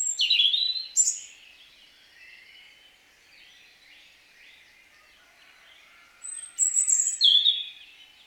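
European robin singing high, tinkling warbled phrases at the start and again near the end, with a quiet, hissy gap of softer twittering between them.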